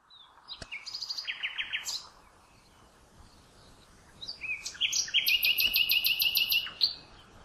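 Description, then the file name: Common nightingale singing two phrases separated by a pause, each built from quick repeated notes, the second a loud, fast rhythmic trill with high ringing overtones. "Luscinia megarhynchos"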